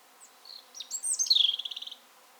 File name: Erithacus rubecula - European Robin